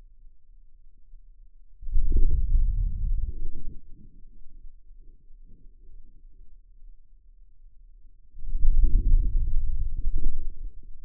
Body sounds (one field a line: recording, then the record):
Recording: forearm muscle sounds (acoustic myography)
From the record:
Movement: wrist flexion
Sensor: system 2, bracelet of six BSWA MPA416 microphones around the upper forearm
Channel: 4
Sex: male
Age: 22 years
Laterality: right